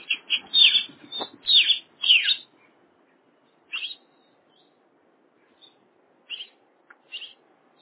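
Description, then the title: Oriental magpie-robin opening with a loud cluster of sweeping whistled notes, then falling back to a few scattered short chirps. "Kacer"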